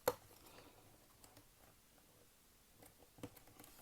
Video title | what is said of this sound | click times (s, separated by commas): TFC Toys P-004 Ironshell aka Seacons Snap Trap Review | just snap right in like | 0.1 s